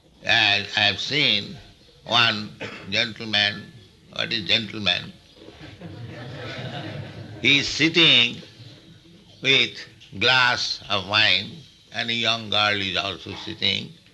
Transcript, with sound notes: I have seen one gentleman... What is gentleman? [laughter] He is sitting with glass of wine, and a young girl is also sitting.